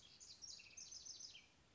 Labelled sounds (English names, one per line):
House Wren